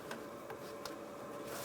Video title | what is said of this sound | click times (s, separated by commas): How to Replace Headlight Bulbs 2012-2018 Nissan Altima | And that's locked in right there. | 0.1 s, 0.9 s